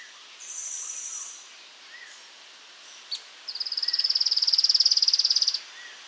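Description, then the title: Streak-capped Antwren delivering a thin high whistle, then a single click, then a fast, even trill of high notes lasting about two seconds. "LuckyPassaro Completos2Sama. Streak-capped Antwren (Terenura maculata)"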